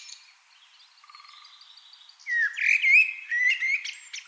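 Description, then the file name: Eurasian wren song: soft, faint notes at first, then a loud burst of shrill, slurred, high twittering. "Troglodytes troglodytes"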